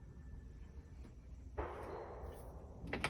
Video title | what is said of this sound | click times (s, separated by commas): How to install an Anderson 3000 series storm door | you hear that click it's latched | 2.9 s, 3.0 s